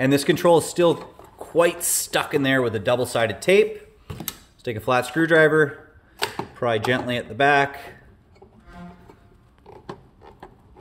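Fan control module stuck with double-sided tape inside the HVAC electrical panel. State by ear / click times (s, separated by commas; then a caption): released / 9.9 s. Someone talks while a flat screwdriver gently pries at the back of a fan control module held by double-sided tape in an HVAC electrical panel. After the talking, quiet scraping and small ticks are heard, then a sharp pop at 9.9 s as the module comes free of the adhesive tape.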